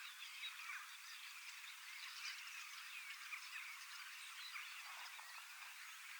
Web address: paivat 25 8 2026 iso kottaraisten nuorisoparvi valmistautuu ensi kevaaseen lauluharjoittelemalla